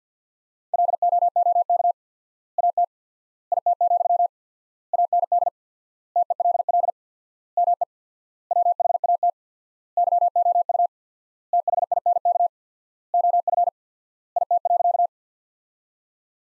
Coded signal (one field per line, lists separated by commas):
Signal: Morse code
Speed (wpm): 49 wpm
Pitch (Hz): 700 Hz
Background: none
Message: LOOK AT IT, AND TELL ME WHAT YOU THINK OF IT.